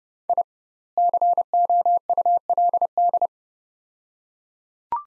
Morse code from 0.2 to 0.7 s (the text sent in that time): I